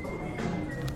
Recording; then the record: background sound without coughing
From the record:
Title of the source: 60 minutes of coffee shop sounds for study and concentration